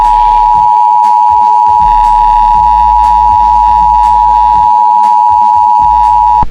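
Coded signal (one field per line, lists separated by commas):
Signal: Emergency Alert System (SAME) tones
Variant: 853 and 960 Hz attention tone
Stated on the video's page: Fictional EAS scenario with simulated SAME alert tones.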